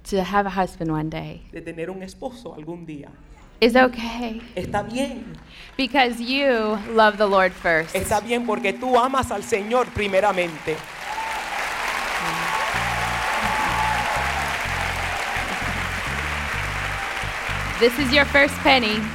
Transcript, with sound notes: to have a husband one day is okay. because you love the Lord first. [Ladies cheer and clap.] This is your first penny!